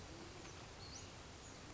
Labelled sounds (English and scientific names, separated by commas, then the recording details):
Western Flycatcher (Empidonax difficilis)
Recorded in Sonoma County, California